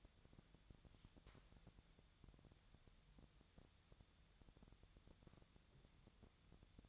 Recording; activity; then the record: daily activity, microphone in the room; wipe stove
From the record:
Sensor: 3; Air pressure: 1007.0 hPa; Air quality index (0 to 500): 204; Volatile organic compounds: 18 ppm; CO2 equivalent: 2604 ppm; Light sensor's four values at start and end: 11/27/11/11 and 11/27/11/11